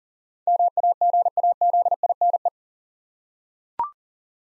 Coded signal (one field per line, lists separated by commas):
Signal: Morse code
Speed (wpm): 39 wpm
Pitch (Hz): 700 Hz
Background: none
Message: MAGAZINE